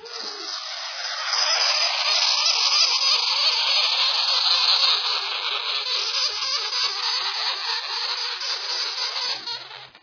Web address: paul. sugar Glider